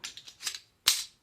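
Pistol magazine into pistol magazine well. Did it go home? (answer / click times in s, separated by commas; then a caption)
no / none. A second Colt .380 magazine is pushed into a pistol's magazine well, making a series of light metal clacks in the first half second and a louder, sharper clack at about 0.9 s. The magazine does not lock into place because it is slightly too long and its feed lips are a different design, so nothing has seated or clicked.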